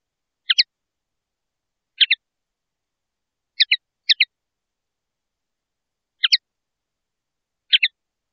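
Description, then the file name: Common linnet giving short twittering double chirps, each a quick pair of high notes, repeated at irregular intervals; otherwise silent. "El canto del pardillo"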